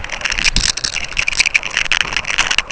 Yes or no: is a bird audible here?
no